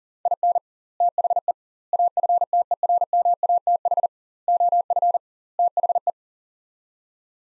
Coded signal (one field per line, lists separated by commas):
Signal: Morse code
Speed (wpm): 40 wpm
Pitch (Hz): 700 Hz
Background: none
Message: IN THE AFTERMATH OF THE